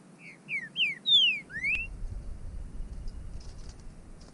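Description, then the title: Bird song: a short run of clear whistled notes, some falling and one rising, over about two seconds, then only faint low rumble and scattered soft chirps. "burung"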